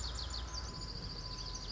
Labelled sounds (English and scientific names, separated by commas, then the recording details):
Lazuli Bunting (Passerina amoena)
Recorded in Sonoma County, California